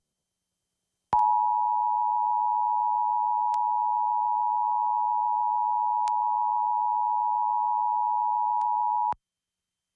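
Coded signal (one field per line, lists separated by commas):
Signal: Emergency Alert System (SAME) tones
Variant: 853 and 960 Hz attention tone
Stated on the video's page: Required weekly test on a San Antonio CW television affiliate.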